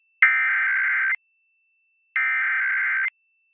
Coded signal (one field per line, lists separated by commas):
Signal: Emergency Alert System (SAME) tones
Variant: header bursts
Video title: Various Emergency Alert System (EAS) Tests - September 21-27, 2021